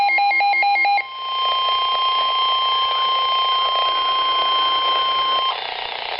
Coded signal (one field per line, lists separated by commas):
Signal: Emergency Alert System (SAME) tones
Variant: 1050 Hz attention tone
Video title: EAS MOCK: NWRgeek's blizzard event (April Fools 2012)